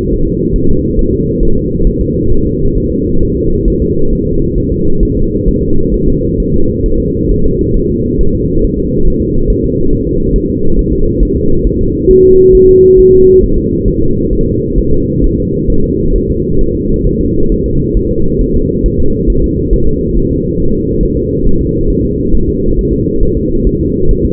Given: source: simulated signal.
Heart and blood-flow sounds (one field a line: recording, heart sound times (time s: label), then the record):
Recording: fetal heart sounds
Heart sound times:
0.13 s: S1
0.28 s: S2
0.56 s: S1
0.70 s: S2
0.99 s: S1
1.13 s: S2
1.43 s: S1
1.57 s: S2
1.87 s: S1
2.01 s: S2
2.32 s: S1
2.46 s: S2
2.77 s: S1
2.92 s: S2
3.23 s: S1
3.37 s: S2
3.68 s: S1
3.82 s: S2
4.13 s: S1
4.27 s: S2
4.58 s: S1
4.72 s: S2
5.03 s: S1
5.17 s: S2
5.48 s: S1
5.63 s: S2
5.94 s: S1
6.08 s: S2
6.40 s: S1
6.54 s: S2
6.86 s: S1
7.00 s: S2
7.31 s: S1
7.46 s: S2
7.76 s: S1
7.91 s: S2
8.21 s: S1
8.35 s: S2
8.64 s: S1
8.79 s: S2
9.07 s: S1
9.22 s: S2
9.50 s: S1
9.64 s: S2
9.93 s: S1
10.07 s: S2
10.36 s: S1
10.50 s: S2
10.79 s: S1
10.93 s: S2
11.23 s: S1
11.37 s: S2
11.67 s: S1
11.81 s: S2
12.11 s: S1
12.25 s: S2
12.55 s: S1
12.69 s: S2
12.99 s: S1
13.13 s: S2
13.43 s: S1
13.58 s: S2
13.88 s: S1
14.02 s: S2
14.33 s: S1
14.47 s: S2
14.78 s: S1
14.93 s: S2
15.24 s: S1
15.38 s: S2
15.70 s: S1
15.84 s: S2
16.16 s: S1
16.30 s: S2
16.61 s: S1
16.75 s: S2
17.07 s: S1
17.21 s: S2
17.52 s: S1
17.66 s: S2
17.97 s: S1
18.11 s: S2
18.41 s: S1
18.56 s: S2
18.86 s: S1
19.00 s: S2
19.30 s: S1
19.44 s: S2
19.73 s: S1
19.88 s: S2
20.17 s: S1
20.31 s: S2
20.60 s: S1
20.74 s: S2
21.03 s: S1
21.17 s: S2
21.47 s: S1
21.61 s: S2
21.90 s: S1
22.05 s: S2
22.34 s: S1
22.49 s: S2
22.79 s: S1
22.93 s: S2
23.23 s: S1
23.37 s: S2
23.67 s: S1
23.81 s: S2
24.11 s: S1
24.25 s: S2
From the record:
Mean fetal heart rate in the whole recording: 135 bpm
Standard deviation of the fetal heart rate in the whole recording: 3 bpm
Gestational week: 36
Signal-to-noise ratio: -17.7 dB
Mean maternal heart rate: 72 bpm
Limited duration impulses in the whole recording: present